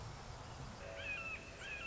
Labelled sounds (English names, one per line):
Red-shouldered Hawk